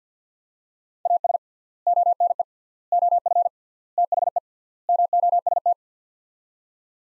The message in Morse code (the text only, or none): AS ONE OF THE MOST